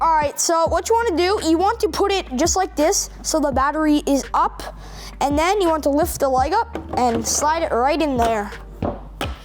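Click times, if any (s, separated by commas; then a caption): none. A battery pack is positioned with the battery up and slid into a robot dog's body while its leg is lifted, and someone talks throughout. A brief thunk is heard at about 8.9 s. Nothing has seated or latched yet.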